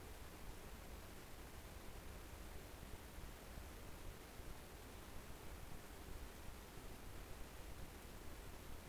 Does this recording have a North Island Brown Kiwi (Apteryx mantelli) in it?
no